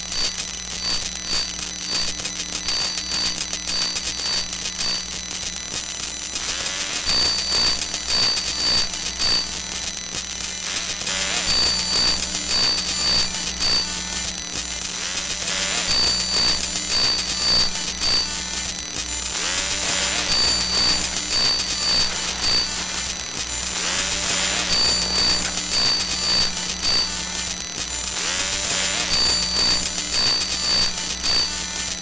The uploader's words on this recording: The EMF Turntable is an interactive sound sculpture by Shaughn Martel that amplifies the electromagnetic fields generated by mobile phones and other small electronic devices. By spinning the turntable and using the touch screens, Shaughn Martel modified the waveform of the electromagnetic field and the resulting sound material emitted from the EMF Turntable.